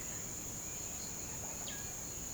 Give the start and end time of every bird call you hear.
1.60s-1.90s: bird call (1.4-5.0 kHz)

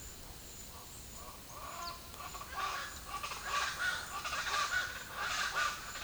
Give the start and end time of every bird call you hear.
0.92s-6.03s: bird call (0.4-6.4 kHz)

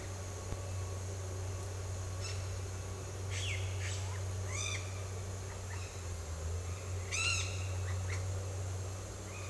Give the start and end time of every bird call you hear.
3.32s-4.15s: bird call (1.2-3.9 kHz)
4.44s-4.84s: bird call (1.0-8.8 kHz)
7.14s-7.54s: bird call (0.9-9.7 kHz)

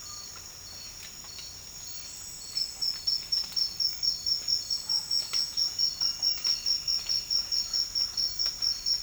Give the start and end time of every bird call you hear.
5.02s-7.61s: bird call (0.6-3.6 kHz)

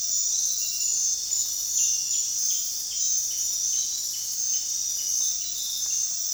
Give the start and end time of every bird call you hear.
1.67s-5.70s: bird call (1.9-4.1 kHz)

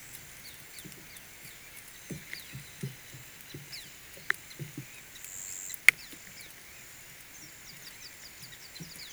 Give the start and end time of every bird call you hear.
0.79s-4.13s: bird call (2.8-5.2 kHz)
5.80s-9.12s: bird call (2.8-6.5 kHz)

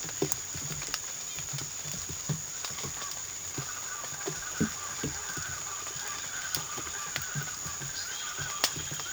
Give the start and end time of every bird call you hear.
3.33s-9.13s: bird call (0.7-2.0 kHz)

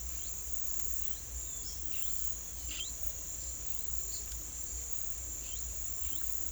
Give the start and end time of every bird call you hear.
0.42s-3.10s: bird call (2.6-5.2 kHz)

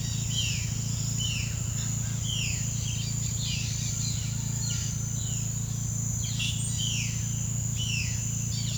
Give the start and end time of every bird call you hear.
0.00s-5.45s: bird call (1.3-9.1 kHz)
6.10s-8.78s: bird call (1.6-10.2 kHz)

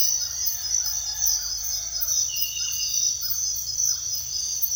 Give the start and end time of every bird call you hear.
0.28s-4.03s: bird call (0.8-2.2 kHz)

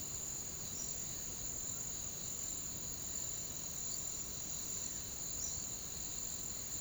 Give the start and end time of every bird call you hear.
0.72s-0.92s: bird call (4.0-6.6 kHz)
5.35s-5.56s: bird call (4.0-6.3 kHz)

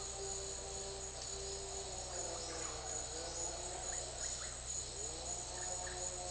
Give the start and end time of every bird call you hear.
4.14s-6.03s: bird call (1.0-2.2 kHz)

